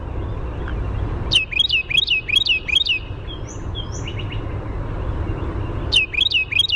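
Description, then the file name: Carolina wren singing a fast string of about five ringing, repeated phrases, a pause with other small bird notes, then the next burst beginning. "CARW song"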